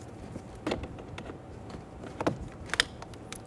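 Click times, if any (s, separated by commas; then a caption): 2.8 s. A wiring harness connector is pushed into the window switch on the door card of a 2011-2014 Hyundai Sonata, with faint rattles and short clicks around 0.7 s and 2.2–2.3 s. A sharp, bright click at 2.8 s marks the connector clicking in and locking, seated.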